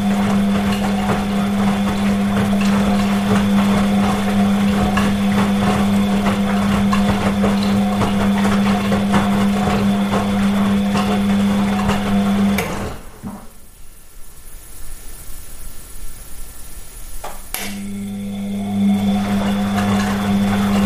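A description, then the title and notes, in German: A washing machine runs with a steady low hum and a dense, even whir layered over it. Around the thirteen-second mark the motor cuts out, leaving a quieter stretch of faint rustling and soft clicks, then the hum starts again near seventeen seconds. Diese Episode präsentiert die sanften Geräusche einer laufenden Waschmaschine. Sanfte Waschmaschinenklänge.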